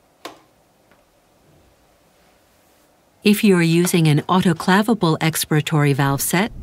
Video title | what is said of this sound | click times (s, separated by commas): HAMILTON-C6 - Ventilator Setup | enrósquela en sentido horario hasta que encaje en su lugar. | 0.2 s